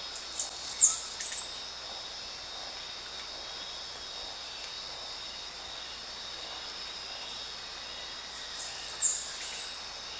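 Bird calls: high, thin chirping bursts lasting about a second and a half at the start and again near the end, over a steady high hum.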